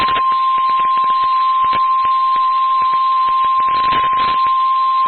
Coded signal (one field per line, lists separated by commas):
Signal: Emergency Alert System (SAME) tones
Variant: 1050 Hz attention tone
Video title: Lubbock Area NOAA Weather Radio (EAS 98-101)